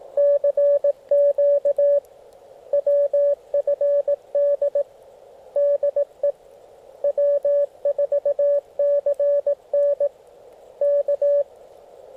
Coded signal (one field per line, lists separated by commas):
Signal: Morse code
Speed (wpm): 18 wpm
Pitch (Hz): 570 Hz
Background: radio noise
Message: CQ WFD DE W4CN K